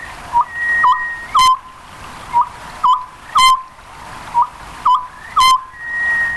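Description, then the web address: Oriental scops owl repeating its hooted three-note phrase, short-short-long, about every two seconds, with crisp clicking sounds and a thin steady whistle behind. "birds konohazuku"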